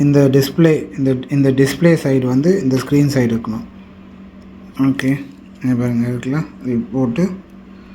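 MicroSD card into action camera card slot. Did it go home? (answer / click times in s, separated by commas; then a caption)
no / none. A 1 TB microSD memory card is handled at the card slot of a GoPro HERO 12 Black action camera, with the card oriented to the display side, while someone talks over faint background sounds. Nothing has seated or clicked into the slot yet by the end of the clip.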